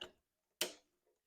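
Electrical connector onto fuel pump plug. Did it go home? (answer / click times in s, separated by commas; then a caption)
yes / 0.6 s. A plastic electrical connector is pushed onto the fuel pump plug the right way round during fuel tank installation on a 2014–2016 Yamaha FZ-09/MT-09. After a softer tick at 0.0 s, a sharp, bright click sounds at 0.6 s and fades quickly. The connector is seated.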